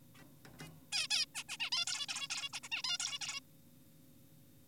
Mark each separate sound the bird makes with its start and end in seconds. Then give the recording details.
0.15-0.24, 0.60-0.68, 0.92-1.08, 1.11-1.26, 1.35-1.44, 1.49-1.57, 1.60-1.70, 1.72-1.86, 1.87-2.06, 2.09-2.28, 2.30-2.49, 2.53-2.60, 2.63-2.69, 2.72-2.82, 2.84-2.98, 3.00-3.19, 3.21-3.40. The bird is an adult. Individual g4p5U